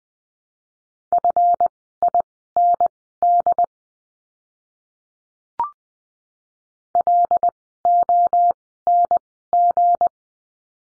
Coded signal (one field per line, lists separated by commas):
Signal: Morse code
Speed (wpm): 20 wpm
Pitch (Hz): 700 Hz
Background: none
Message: FIND LONG